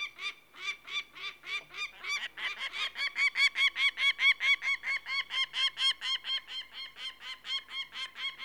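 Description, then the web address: Peregrine falcon calling in a long series of grating, nasal notes, starting rather ragged, then settling into a regular, loud, rapid rhythm. "BBC Sound Effects Library. Peregrine Falcon"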